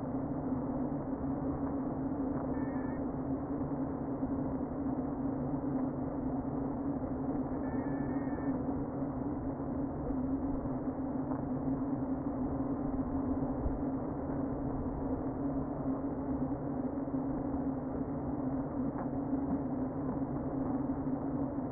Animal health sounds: honeybee colony, microphone inside the hive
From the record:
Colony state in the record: queen present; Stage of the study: before two queens were removed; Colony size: about 60,000 bees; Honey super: yes

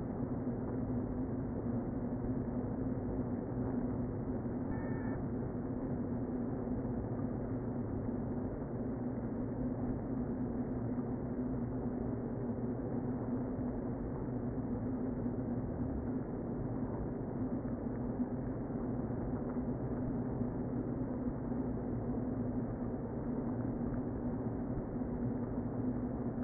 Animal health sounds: honeybee colony, microphone inside the hive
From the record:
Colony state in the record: queen present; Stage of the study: before two queens were removed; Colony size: about 60,000 bees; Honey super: yes

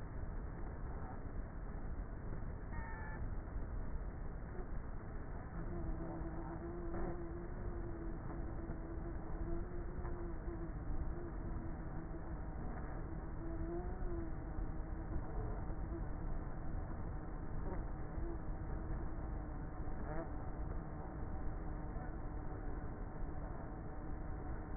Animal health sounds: honeybee colony, microphone inside the hive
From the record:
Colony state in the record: queenless with a low population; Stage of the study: before two queens were removed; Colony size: about 30,000 bees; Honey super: no

